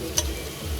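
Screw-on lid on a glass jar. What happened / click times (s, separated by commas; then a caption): The jar lid's vacuum seal popped open / 0.2 s. A butter knife is worked under the rim of a stuck screw-on lid on a glass jar of tomato puree. The vacuum seal breaks with a single sharp, bright pop at 0.2 s over a low, steady background rumble, and the lid is released.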